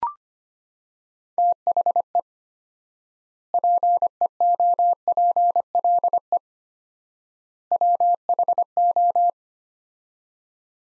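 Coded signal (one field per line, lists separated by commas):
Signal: Morse code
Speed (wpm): 25 wpm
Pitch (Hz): 700 Hz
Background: none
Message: THE PEOPLE WHO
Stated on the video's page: Morse phrase-copy practice at 25 wpm, sets of three words with 4x word spacing, similar to the Farnsworth method; words sent, spoken, then sent again.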